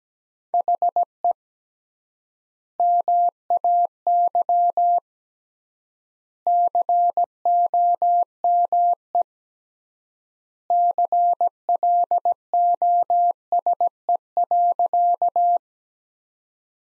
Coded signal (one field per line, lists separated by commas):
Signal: Morse code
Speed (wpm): 17 wpm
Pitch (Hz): 700 Hz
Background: none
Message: HE MAY COME CLOSE.